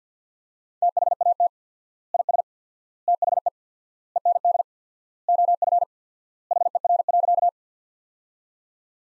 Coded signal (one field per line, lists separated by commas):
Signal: Morse code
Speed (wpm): 50 wpm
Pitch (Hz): 700 Hz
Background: none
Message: THAT IS THE END OF HER.